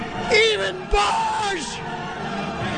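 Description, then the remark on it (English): A man bellows and yells excitedly in loud, rising and falling bursts over a noisy, cheering crowd as he is introduced on Friday, his voice straining high before trailing into a steady background roar. “Even …, why do you think he was screaming like that when he was introduced on Friday next to these guys?”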